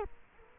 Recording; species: mosquito wingbeat signal from an infrared sensor; Culex quinquefasciatus